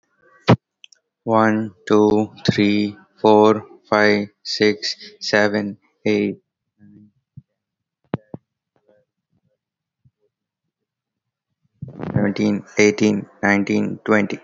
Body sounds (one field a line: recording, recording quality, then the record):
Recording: counting at a normal pace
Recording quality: excellent, no background noise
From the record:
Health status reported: healthy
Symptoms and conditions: none ticked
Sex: male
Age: 28 years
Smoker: not ticked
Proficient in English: yes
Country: India